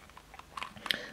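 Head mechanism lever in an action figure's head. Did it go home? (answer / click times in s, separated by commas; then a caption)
yes / 0.9 s. On the head of a Hot Toys MMS354 Alien Warrior (Aliens Xenomorph) collectible figure, a small jaw lever is slid and pulled down, making a few light plastic ticks and scrapes. A sharp click at 0.9 s marks the mechanism locking into place.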